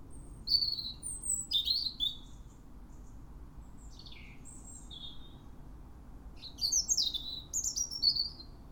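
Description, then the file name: European robin song with several fast phrases of high, sliding, silvery notes, some falling in pitch, a short pause, then a busier burst near the end. "Erithacus rubecula"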